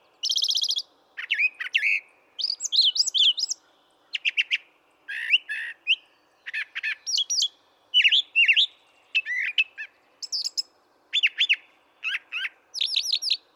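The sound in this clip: Brown thrasher singing a lively stream of varied phrases, clipped notes and slurred whistles, many given two or three times in a row with brief pauses between.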